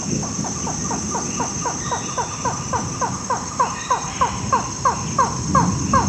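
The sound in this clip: Buckley's forest falcon giving a rapid, even series of short downslurred notes, about three per second, gradually growing louder, with steady insect drone and low rumble behind.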